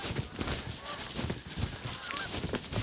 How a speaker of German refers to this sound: Späte Kraniche, oder sind es Gänse?